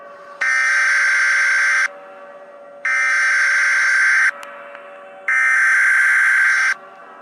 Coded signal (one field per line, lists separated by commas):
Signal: Emergency Alert System (SAME) tones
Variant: header bursts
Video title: EAS Scenario Earth's Villain